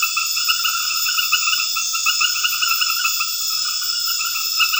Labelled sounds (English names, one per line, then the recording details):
none
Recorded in dense forest near Puerto Asís, Putumayo, Colombia, on 18 February 2024 at 22:30
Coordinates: 0.496, -76.326
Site G6383